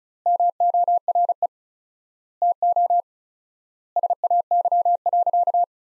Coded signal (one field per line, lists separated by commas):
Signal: Morse code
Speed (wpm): 36 wpm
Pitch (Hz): 700 Hz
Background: none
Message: MORE TO SAY.